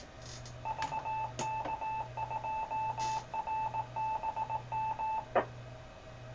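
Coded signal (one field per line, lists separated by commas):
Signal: Morse code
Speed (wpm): 18 wpm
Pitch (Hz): 880 Hz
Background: none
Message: VK2RBM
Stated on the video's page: Captured live from a 2-metre net stream.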